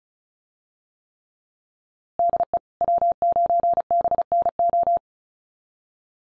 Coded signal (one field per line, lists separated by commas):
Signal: Morse code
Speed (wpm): 36 wpm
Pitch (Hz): 690 Hz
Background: none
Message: DE W9BNO